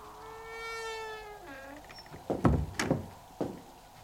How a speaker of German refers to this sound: Die Tür geht auf.